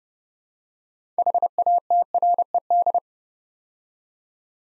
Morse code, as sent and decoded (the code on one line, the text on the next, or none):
.... .- - .-. . -..
HATRED